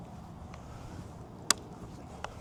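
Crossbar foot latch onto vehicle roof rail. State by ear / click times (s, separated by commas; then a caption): seated / 1.5 s. A lever on the foot of a Rivian R2 roof crossbar is pushed down to lock the bar onto the vehicle's roof rail, with a sharp click at 1.5 s and a fainter tick at 2.3 s over a low background rumble. The crossbar latch is seated and locked.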